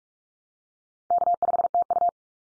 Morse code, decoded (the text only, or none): K5TU